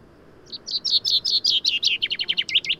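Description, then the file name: Common chaffinch song: a run of bright, slightly falling notes that speeds into a rapid rattling series, ending in quick sharp notes; quiet background. "Fringilla coelebs"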